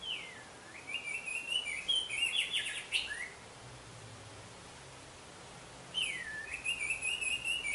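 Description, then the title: Orange-headed thrush song: a long phrase of swooping whistles and buzzy trills for about three seconds, then silence, then another phrase. "Anis Merah"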